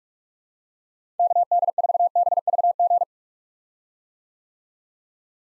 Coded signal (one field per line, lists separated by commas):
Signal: Morse code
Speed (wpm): 42 wpm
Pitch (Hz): 700 Hz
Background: none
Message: KD4BVG